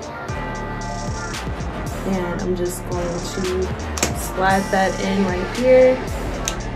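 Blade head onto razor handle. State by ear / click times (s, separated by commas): seated / 6.5 s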